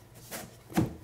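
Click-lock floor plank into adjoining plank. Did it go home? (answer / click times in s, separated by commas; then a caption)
no / none. A click-lock floor plank is handled and angled into the groove of the adjoining plank, making a soft scraping shuffle near 0.35 s and a louder dull rub with a low thump around 0.8 s. The plank has not locked into place yet; nothing has seated or clicked.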